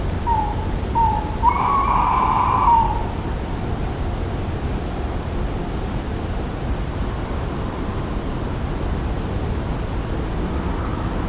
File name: Strix aluco - Tawny Owl